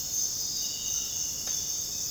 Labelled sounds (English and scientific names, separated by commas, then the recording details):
none
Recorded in dense forest near Puerto Asís, Putumayo, Colombia, on 9 March 2025 at 04:00
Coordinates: 0.486, -76.317
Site G053